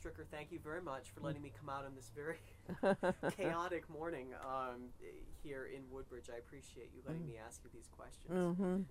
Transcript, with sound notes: Stricker, thank you very much for letting me come out on this very (both laugh) chaotic morning here in Woodbridge. I appreciate you letting me ask you these questions.